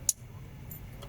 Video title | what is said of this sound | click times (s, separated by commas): “Lexus RX350 Rough Idle & Stalling: Real Cause Found — Will Cleaning Fix It?” | you hear that this clicking sound. Yes, you must click like that. | 0.1 s